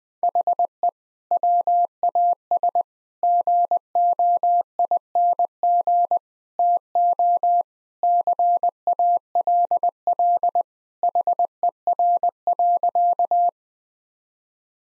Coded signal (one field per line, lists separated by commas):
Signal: Morse code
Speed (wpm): 20 wpm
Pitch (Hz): 700 Hz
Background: none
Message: HE WAS GOING TO CALL HER.